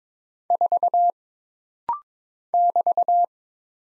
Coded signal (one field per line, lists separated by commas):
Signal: Morse code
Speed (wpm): 23 wpm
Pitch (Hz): 700 Hz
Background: none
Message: 4 <BT>